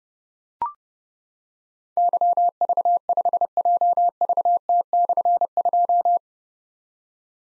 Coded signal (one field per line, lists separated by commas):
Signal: Morse code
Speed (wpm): 30 wpm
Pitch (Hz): 700 Hz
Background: none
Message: YV5JVT/2